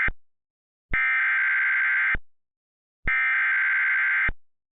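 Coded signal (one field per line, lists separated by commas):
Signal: Emergency Alert System (SAME) tones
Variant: header bursts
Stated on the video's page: Mock EAS alert for South Dakota, simulated.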